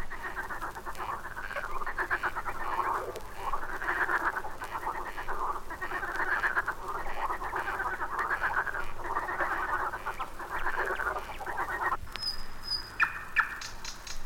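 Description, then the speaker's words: Marsh frogs in a dense night chorus of rolling, rattling croaks that overlap continuously; after about twelve seconds the chorus thins and thin high whistled bird notes appear. "Это дают ночной концерт озерные лягушки."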